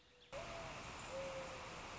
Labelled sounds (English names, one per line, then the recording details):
Mourning Dove
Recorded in Sonoma County, California